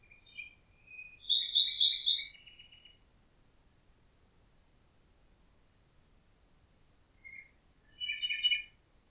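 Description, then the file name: Common nightingale song: a varied phrase of whistles and rapid pulsed notes, a long pause, then a short note and another fast rattling phrase. "Nachtigall"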